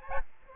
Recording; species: mosquito wingbeat signal from an infrared sensor; Aedes albopictus